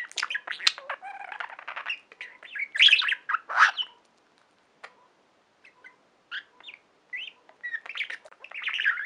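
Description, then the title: Budgerigar warbling and chirping in quick, buzzy, rambling phrases with brief clicks and squeaks, pausing briefly midway before resuming. "Budgie Sounds"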